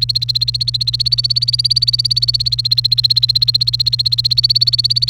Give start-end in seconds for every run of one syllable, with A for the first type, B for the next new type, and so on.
0.00-5.09 A